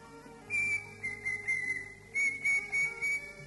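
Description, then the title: Greater green leafbird whistled song: clear level notes near one pitch, given in two bursts of short phrases, over a faint steady hum. "Cio. Kicau Burung Cucak Ijo"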